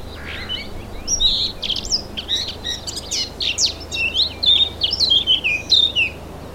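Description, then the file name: Eurasian blackcap song: a lively stream of quick warbled notes, mixing clear whistles with buzzy chatter, steady throughout. "Sylvia atricapilla"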